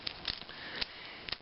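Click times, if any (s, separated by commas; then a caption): 0.1 s, 0.3 s, 1.3 s. Two plastic reclosable mushroom-head fastener strips, with wire stems topped by little ball heads and used as an alternative to Velcro, are pressed together hard. Sharp snaps ring out at 0.1, 0.3 and 1.3 seconds, with fainter ticks at about 0.4 and 0.8 seconds over a steady hiss. The strips snap into place and are fastened together.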